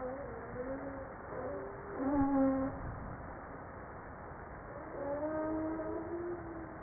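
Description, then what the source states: Humpback whale moans: soft tonal notes with clear harmonics, gliding and wavering, one louder note midway and a drawn-out tone near the end, over background hiss. Recorded 5 March 1994.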